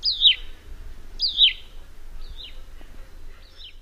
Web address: Songs of Birds of North America Know Your Bird Sounds. Huttons Vireo